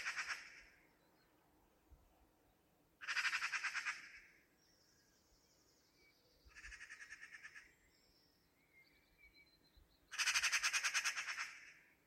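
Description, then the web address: Bird giving harsh, rasping, pulsed bursts about a second long, four spaced throughout, with faint thin whistled notes between them over a quiet background. "cianscape birddata Deverinetal"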